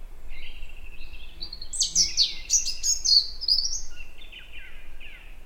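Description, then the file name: European robin singing a rapid, sparkling phrase of high twittering notes framed by thin, wavering whistles that drift downward at the end. "Erithacus rubecula"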